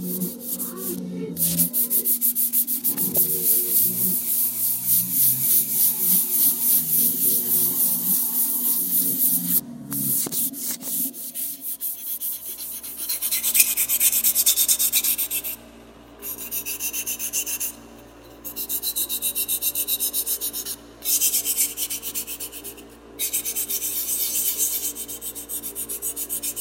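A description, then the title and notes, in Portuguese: Dense sanding of wood, a steady scratchy rasp with a low hum early on, broken by brief pauses after about fifteen seconds. Sempre, nunca • Sons de lixar por [Sounds of sanding by] Nicole Vlado by Bienal de São Paulo.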